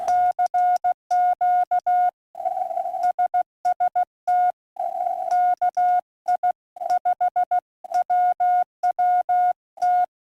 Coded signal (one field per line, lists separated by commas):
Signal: Morse code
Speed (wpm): 16 wpm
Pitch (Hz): 1440 Hz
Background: none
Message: CQ SST KI5WWT